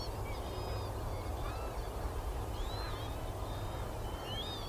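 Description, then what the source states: Northern lapwing calls, several sparse slurred whistles drifting up and down, set against a heavy low rumble. Lapwing song from a flock of about 100 lapwings, all whooping, on a wild mudflat of the winter marshes on the Somerset coast.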